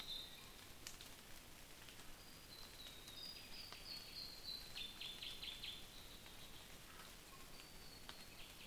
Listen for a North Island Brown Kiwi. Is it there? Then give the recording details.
no. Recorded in New Zealand on 21 November 2014. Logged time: 04:57. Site CL78